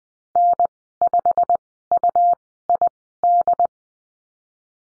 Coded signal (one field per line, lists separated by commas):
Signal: Morse code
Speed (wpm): 20 wpm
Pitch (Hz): 700 Hz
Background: none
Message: N5UID